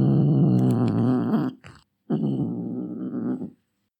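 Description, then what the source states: Cat growling: two low, rumbling, sustained growls, each about one and a half seconds long, separated by a brief pause. Angry cat.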